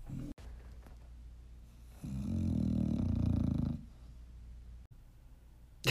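A loud, low, rumbling snore from Lila, a sleeping dog, swells for nearly two seconds in the middle, between quieter stretches of room noise. It is ordinary noisy breathing during sleep, heard close up.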